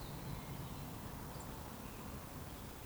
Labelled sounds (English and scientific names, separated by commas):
Eurasian Woodcock (Scolopax rusticola) whistle